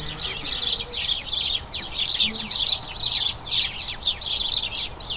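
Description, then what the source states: House sparrow flock chattering, many overlapping sharp chirps in quick bursts, steady and busy throughout with no other clear sounds. Colony of about a dozen house sparrows chattering incessantly in a small front garden as crocuses bloom, excitement signalling the colony turning to the breeding season.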